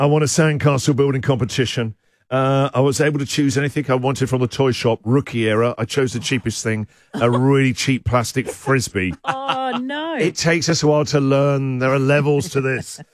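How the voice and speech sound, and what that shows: An adult man speaking on a radio show tells a short anecdote about a childhood prize in clear, fluent, ordinary conversational speech.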